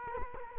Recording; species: mosquito wingbeat signal from an infrared sensor; Culex quinquefasciatus